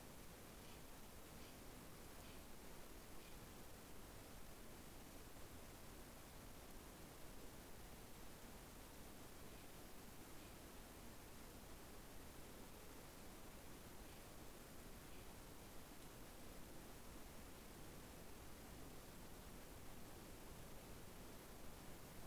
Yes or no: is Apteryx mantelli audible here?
no